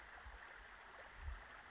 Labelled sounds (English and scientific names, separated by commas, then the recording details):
Western Flycatcher (Empidonax difficilis)
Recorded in Sonoma County, California